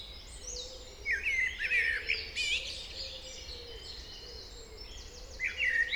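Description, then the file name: Common blackbird singing mellow warbled phrases from about one to three seconds in and again at the end, over a soft steady hum. "Turdus merula"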